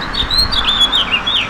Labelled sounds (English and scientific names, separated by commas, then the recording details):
House Finch (Haemorhous mexicanus) song
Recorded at Glen Cove on Long Island, New York, on 14 June 2013
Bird A